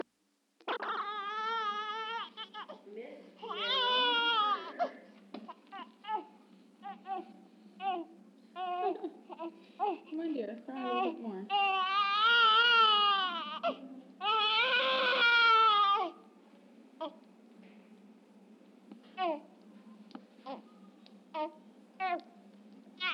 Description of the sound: Baby Crying with Female Voice in Background.